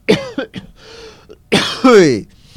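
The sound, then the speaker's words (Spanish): A person coughs and clears their throat in a short series of rough, voiced bursts: two quick ones, a pause with a faint hum, then a louder, longer pair of harsh coughs. “Perdona que voy a toser.”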